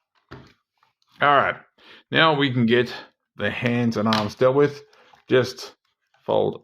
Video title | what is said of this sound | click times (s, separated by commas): War For Cybertron Siege Jetfire aka Skyfire | push it in until it locks into place | 0.3 s